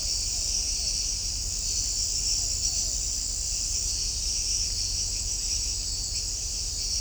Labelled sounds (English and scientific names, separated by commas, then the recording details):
none
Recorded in shrubland near Pivijay, Magdalena, Colombia, on 3 June 2023 at 02:00
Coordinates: 10.453, -74.365
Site P5-G022